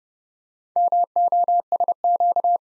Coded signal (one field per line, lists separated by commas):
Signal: Morse code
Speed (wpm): 30 wpm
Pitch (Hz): 700 Hz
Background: none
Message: MOSQ